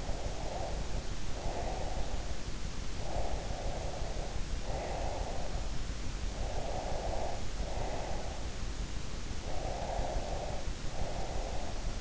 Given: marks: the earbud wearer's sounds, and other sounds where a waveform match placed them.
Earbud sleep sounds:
sounds in sleep by an in-ear microphone; breath
0.00-2.51 s: breath
3.03-5.75 s: breath
6.33-8.53 s: breath
9.43-12.01 s: breath

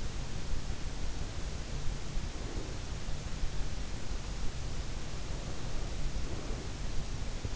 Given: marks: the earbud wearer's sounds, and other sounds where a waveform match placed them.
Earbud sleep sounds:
sounds in sleep by an in-ear microphone; breath
1.79-2.82 s: breath
5.22-6.82 s: breath

